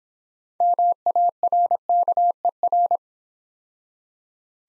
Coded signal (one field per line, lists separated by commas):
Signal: Morse code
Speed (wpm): 26 wpm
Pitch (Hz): 700 Hz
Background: none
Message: MARKER